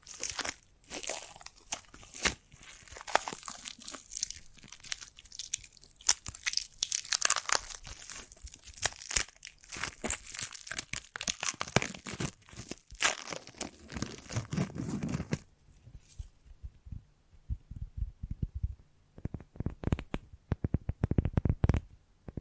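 Sticky foam brain-massage sounds: dense, fast crackling and squishing fill the first fifteen seconds with crisp bright fizz and soft low squelches. After a brief quieter gap around sixteen seconds, sparser sticky pulls and crinkly bursts return toward the end.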